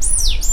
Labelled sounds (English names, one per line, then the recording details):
Stitchbird song
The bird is a male
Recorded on Tiritiri Matangi Island, New Zealand, in 2005
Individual 2, of nest box 2